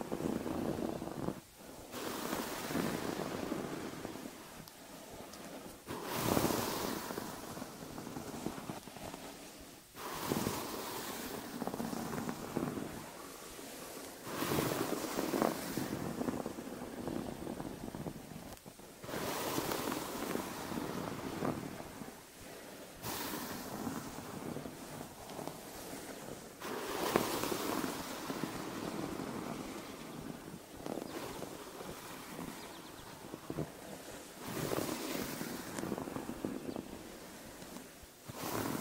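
Rushing water from a hair wash comes in strong surges roughly every four seconds, each a bright hiss that swells and then drops away. Between surges a softer, steady rustle and trickle continues, with little low rumble underneath.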